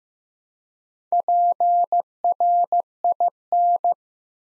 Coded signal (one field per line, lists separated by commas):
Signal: Morse code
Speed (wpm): 15 wpm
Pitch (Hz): 700 Hz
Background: none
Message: PRIN